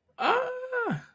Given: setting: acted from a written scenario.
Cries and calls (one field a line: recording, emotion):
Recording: vocal sound without words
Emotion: adoration